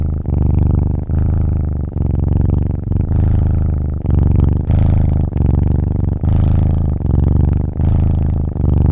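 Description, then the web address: Cat: kitten purring, a steady low rumbling purr in repeated breaths, each lasting about a second with brief pauses between, continuous throughout. Kitten purring; sound-effects library recording. "مجموعه افکت صدا حیوانات SES Animals SFX Kitten Purring"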